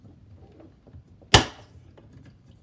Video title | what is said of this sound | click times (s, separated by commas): How to fix a freezer door with a retracting and frost issue | just snaps right in place now | 1.3 s